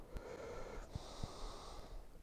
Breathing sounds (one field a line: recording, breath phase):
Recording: one breath near a microphone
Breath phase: inhalation